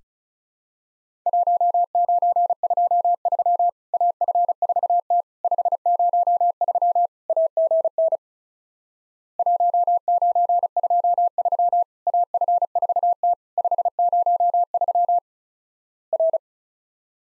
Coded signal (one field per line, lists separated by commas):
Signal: Morse code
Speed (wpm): 36 wpm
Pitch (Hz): 700 Hz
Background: none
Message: 1923 AF4T 503 AGN 1923 AF4T 503 R